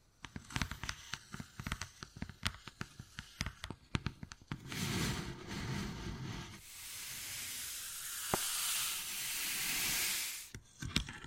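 Wood carving sounds open with a quick run of sharp taps and knocks, irregular and fairly dense, for about four seconds. A rough, low scraping follows, then a long bright hissing scratch from around seven to ten seconds, before a few final taps.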